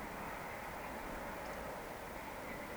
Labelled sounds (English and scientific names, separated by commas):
Eurasian Woodcock (Scolopax rusticola)